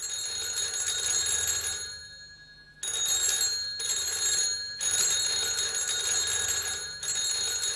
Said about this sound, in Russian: Это звонит телефон в московской квартире Чуренковых. Ночь. Спит после большого трудового дня осенняя Москва.